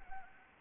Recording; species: mosquito wingbeat signal from an infrared sensor; Anopheles arabiensis